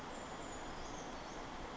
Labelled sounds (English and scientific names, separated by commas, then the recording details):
Brown Creeper (Certhia americana)
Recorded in Sonoma County, California